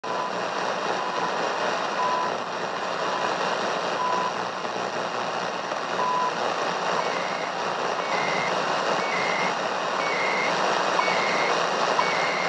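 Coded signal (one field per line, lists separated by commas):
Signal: radio time signal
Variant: CHU Canada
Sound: loud hiss with faint short ticks each second, then brief warbling data tones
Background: radio static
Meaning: The short 1 kHz ticks mark each passing second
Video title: CHU Canada time signal received at 7850 MHZ Sony TR-837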